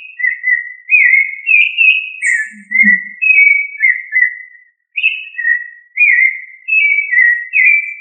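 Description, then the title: Thrush singing varied fluty whistles in steady succession; a soft low thump and a faint high chirp occur briefly in the first half. "Familia Turdidae - Sabia"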